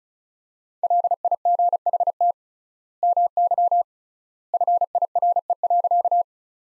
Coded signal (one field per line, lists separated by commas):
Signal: Morse code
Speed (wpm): 34 wpm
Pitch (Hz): 700 Hz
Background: none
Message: LIGHT MY FIRE.